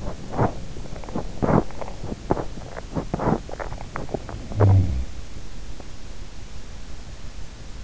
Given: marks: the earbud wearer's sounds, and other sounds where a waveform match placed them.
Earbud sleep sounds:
sounds in sleep by an in-ear microphone; breath
0.04-4.47 s: breath
4.47-5.13 s: sound from someone else or the room

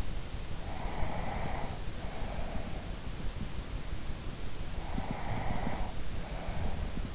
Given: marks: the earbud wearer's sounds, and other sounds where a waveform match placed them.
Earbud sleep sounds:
sounds in sleep by an in-ear microphone; breath
0.72-2.85 s: breath
4.92-7.14 s: breath

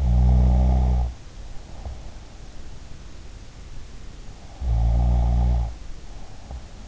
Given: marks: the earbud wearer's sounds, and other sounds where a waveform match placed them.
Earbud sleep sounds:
sounds in sleep by an in-ear microphone; snoring breath
0.00-2.30 s: snoring breath
4.40-6.88 s: snoring breath

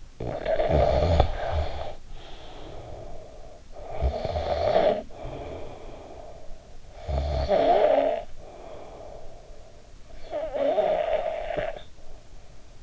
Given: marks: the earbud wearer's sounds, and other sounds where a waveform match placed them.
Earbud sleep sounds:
sounds in sleep by an in-ear microphone; snoring breath
0.00-9.92 s: snoring breath
10.00-12.83 s: snoring breath

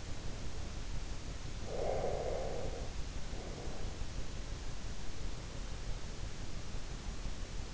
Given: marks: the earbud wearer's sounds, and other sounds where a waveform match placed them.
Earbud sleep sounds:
sounds in sleep by an in-ear microphone; breath
1.62-4.15 s: breath

